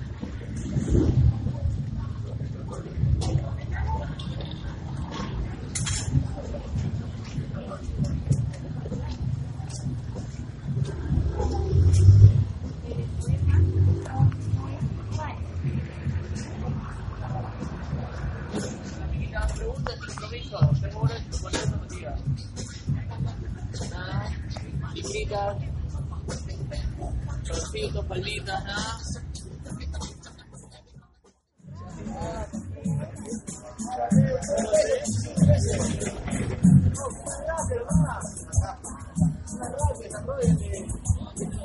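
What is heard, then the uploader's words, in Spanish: Street sound with many voices talking over a steady low rumble of vehicles and passing motors. The mix stays busy and dense, with scattered clicks and brighter bursts, until a brief near-silent break around 31 seconds before the chatter and traffic resume. Sonido ambiental del Inti - Ñaña. Sonido de las calles del Inti - Lurigancho, se pueden apreciar los variados vehículos y los diferentes sonidos de mercaderes, personas, restaurantes, ambulantes y mototaxixtas.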